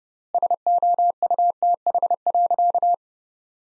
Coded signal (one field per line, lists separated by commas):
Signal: Morse code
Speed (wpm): 32 wpm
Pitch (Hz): 700 Hz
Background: none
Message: SOUTH.